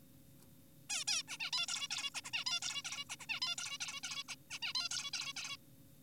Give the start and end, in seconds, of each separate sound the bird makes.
0.90-1.04, 1.08-1.23, 1.28-1.38, 1.40-1.51, 1.53-1.66, 1.68-1.88, 1.91-2.10, 2.15-2.21, 2.24-2.31, 2.34-2.44, 2.46-2.60, 2.62-2.82, 2.85-3.04, 3.10-3.16, 3.20-3.26, 3.29-3.40, 3.42-3.56, 3.58-3.78, 3.81-4.01, 4.04-4.23, 4.29-4.35, 4.50-4.59, 4.62-4.73, 4.75-4.89, 4.91-5.10, 5.14-5.33, 5.36-5.57